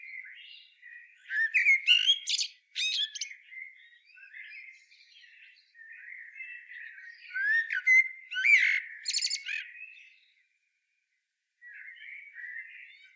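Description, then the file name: Common blackbird singing: two sequences of soft warbling that build into loud, squeaky twittered endings, then a short pause and quiet warbles. "Turdus merula"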